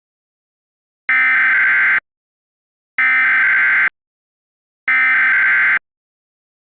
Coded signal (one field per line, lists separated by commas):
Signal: Emergency Alert System (SAME) tones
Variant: header bursts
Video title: EAS Scenario 5: Karen's Brainrot Infefction